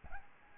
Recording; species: mosquito wingbeat signal from an infrared sensor; Aedes albopictus